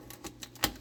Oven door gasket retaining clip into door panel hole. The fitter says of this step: just press them firmly in. You'll hear that click here.